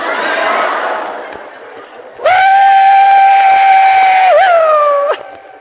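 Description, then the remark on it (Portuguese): A rushing hiss of steam gives way to a loud, sustained locomotive steam whistle, a steady harmonic tone that wavers briefly in pitch before cutting off abruptly, leaving a fainter hiss behind. “Mas até hoje ele conta que quando furou, que começou a murchar, que começou a sair aquele ar comprimido, saía com tanta pressão que ficou 1 hora e meia apitando igual uma locomotiva.”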